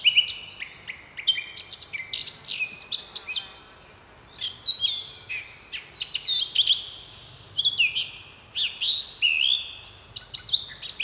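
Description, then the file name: Eurasian blackcap song: repeated bursts of fast warbling mixed with loud, clear fluty notes, with brief gaps between phrases. "Sylvia atricapilla"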